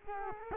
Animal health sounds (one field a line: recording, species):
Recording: mosquito wingbeat signal from an infrared sensor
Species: Culex quinquefasciatus